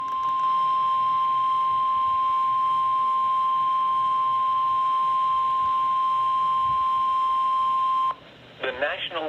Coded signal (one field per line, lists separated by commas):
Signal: Emergency Alert System (SAME) tones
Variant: 1050 Hz attention tone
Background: speech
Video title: Severe Thunderstorm Warning On WXM42 7/23/22 (EAS #1423)